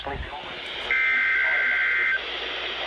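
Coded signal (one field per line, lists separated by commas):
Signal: Emergency Alert System (SAME) tones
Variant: header bursts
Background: speech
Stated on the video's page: Required Weekly Tests from Missoula and Kalispell weather radio stations.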